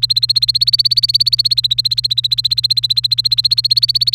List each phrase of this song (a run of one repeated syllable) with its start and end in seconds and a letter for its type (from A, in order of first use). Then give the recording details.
0.00-4.15 A. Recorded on 1 May 2018 at 16:10. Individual llb3